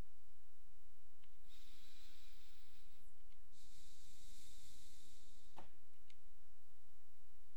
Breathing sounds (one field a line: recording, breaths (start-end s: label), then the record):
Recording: nose breathing near a microphone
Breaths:
1.24-3.24 s: inhalation
3.24-5.99 s: exhalation
From the record:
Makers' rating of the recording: medium